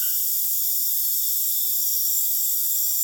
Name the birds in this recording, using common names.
none